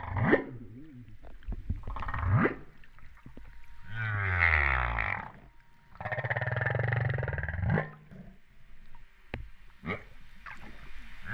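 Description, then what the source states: Humpback whale sounds: short sweeping calls, a descending harmonic moan, and a long low buzzing unit, with scattered clicks between. Recorded off Réunion on 13 September 2011, about 08:35.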